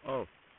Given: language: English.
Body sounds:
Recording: throat vibration sensor signal played as sound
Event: speech

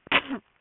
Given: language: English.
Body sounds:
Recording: throat vibration sensor signal played as sound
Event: cough

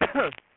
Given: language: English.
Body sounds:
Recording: throat vibration sensor signal played as sound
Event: cough

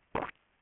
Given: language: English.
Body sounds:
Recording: throat vibration sensor signal played as sound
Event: swallow

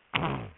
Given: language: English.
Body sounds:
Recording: throat vibration sensor signal played as sound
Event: throat clearing

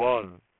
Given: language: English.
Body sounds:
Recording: throat vibration sensor signal played as sound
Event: speech

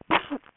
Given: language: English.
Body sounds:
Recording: throat vibration sensor signal played as sound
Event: cough

